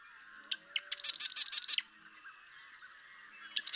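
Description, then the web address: Marsh Wren song: a few ticking notes lead into a loud, fast, metallic rattle lasting under a second, then quiet before a new phrase starts. "birdsongforthecurious Marsh Wren"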